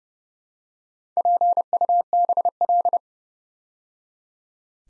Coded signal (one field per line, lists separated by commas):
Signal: Morse code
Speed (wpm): 30 wpm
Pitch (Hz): 700 Hz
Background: none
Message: PUBL